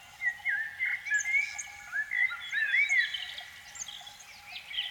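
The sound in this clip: Canary song of clear slurred whistles and upward-sweeping notes, delivered in a steady series of short phrases with soft twittering behind.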